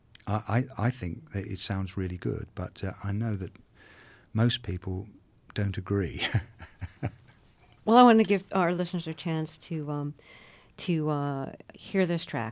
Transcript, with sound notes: I think that it sounds really good. But I know that most people don't agree (laughter).
Well, I want to give our listeners a chance to hear this track.